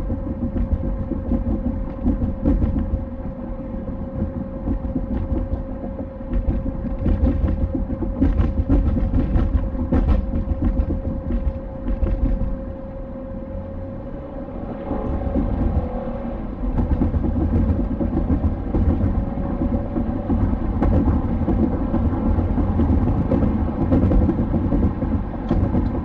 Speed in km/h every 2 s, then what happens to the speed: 68, 68, 68, 68, 68, 68, 70, 80, 89, 97, 105, 108, 107.
0-11 steady at about 68. 11-21 speeds up to 108.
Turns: none.